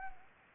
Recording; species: mosquito wingbeat signal from an infrared sensor; Anopheles gambiae